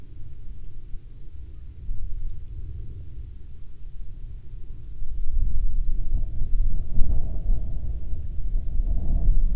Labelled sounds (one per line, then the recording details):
wind
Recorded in the Prudhoe Bay oil fields, Alaska, on 12 May 2019 at 15:54
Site 21